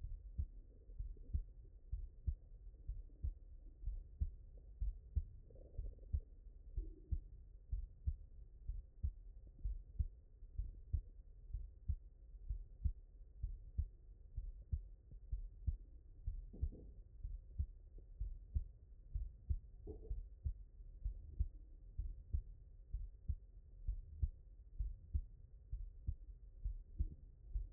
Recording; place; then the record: heart sounds by stethoscope; mitral valve (MV)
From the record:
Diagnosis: non-HFrEF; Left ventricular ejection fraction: 57%